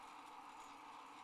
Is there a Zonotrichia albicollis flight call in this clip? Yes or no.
no